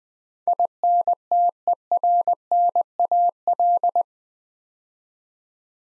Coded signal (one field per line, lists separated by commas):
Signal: Morse code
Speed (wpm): 20 wpm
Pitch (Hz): 700 Hz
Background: none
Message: INTERNAL